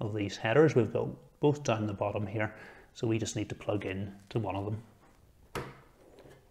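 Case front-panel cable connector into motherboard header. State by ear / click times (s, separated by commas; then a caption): seated / 5.6 s. A case front-panel cable connector is plugged carefully, without force, into one of two headers on a motherboard while someone talks. After the talking stops, a short, sharp click at 5.5 s marks the connector locking into the header, followed by quiet handling noise.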